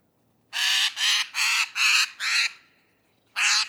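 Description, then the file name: Eurasian jay uttering a rapid run of five hoarse, grating screeches, then a pause and another raspy call at the end. "Garrulus glandarius"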